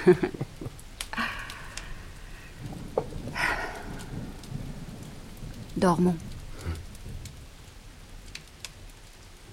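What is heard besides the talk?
heavy rain with thunder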